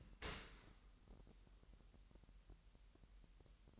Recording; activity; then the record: daily activity, microphone in the room; open dishwasher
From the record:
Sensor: 3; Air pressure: 998.2 hPa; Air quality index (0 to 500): 150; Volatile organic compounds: 5 ppm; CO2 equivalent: 1801 ppm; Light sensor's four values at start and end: 13/39/16/14 and 13/39/16/14